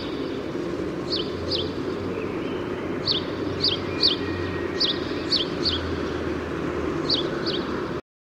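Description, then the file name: House sparrow chirping, several short bright notes at irregular intervals, over a steady low rumble of background noise. "Passer domesticus"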